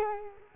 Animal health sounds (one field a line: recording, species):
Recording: mosquito wingbeat signal from an infrared sensor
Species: Culex quinquefasciatus